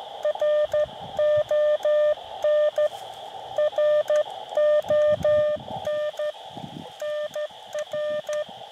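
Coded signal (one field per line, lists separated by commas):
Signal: Morse code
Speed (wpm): 13 wpm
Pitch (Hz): 600 Hz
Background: radio noise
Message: RON RON NR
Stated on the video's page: CW contacts on 20 and 40 meters from an Elecraft KX2 on solar-charged battery power, Buddipole vertical on a painter's pole, hiking portable working POTA stations.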